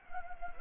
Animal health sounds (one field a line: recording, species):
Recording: mosquito wingbeat signal from an infrared sensor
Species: Anopheles gambiae